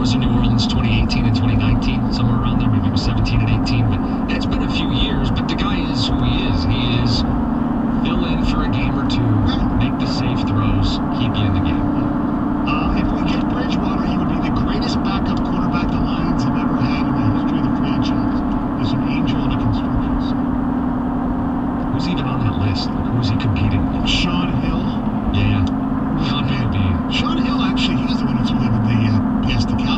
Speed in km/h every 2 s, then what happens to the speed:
89, 92, 93, 95, 98, 100, 100, 100, 98, 95, 92, 89, 89, 87, 85.
0-14 speeds up to 100. 14-30 slows to 85.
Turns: none.